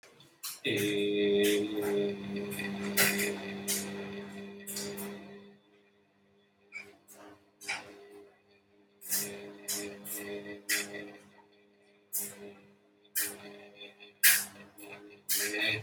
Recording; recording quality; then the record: sustained vowel as in made; moderate, slight background noise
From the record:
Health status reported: healthy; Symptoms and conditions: none ticked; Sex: male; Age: 30 years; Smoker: not ticked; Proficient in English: yes